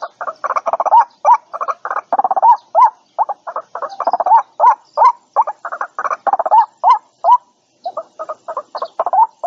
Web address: tieng quoc keu moi chuan goi bay